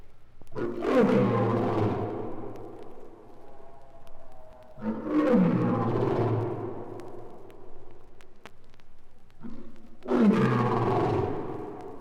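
Lion roaring in three deep, moaning bursts, each starting loud and trailing off lower.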